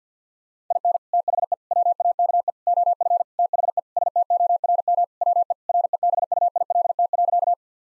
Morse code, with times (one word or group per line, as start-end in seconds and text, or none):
0.7-1.0 IN
1.1-1.5 THE
1.7-2.5 WAKE
2.7-3.2 OF
3.4-3.8 THE
4.0-5.0 STORM
5.2-5.5 WE
5.7-7.5 REBUILT.